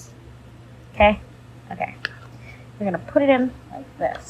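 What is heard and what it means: A plastic toy ice cream scoop is handled and lined up to be pushed into a plastic toy cone while someone talks. Only speech and faint handling sounds are heard, and the scoop has not snapped into the cone yet.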